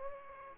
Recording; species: mosquito wingbeat signal from an infrared sensor; Aedes aegypti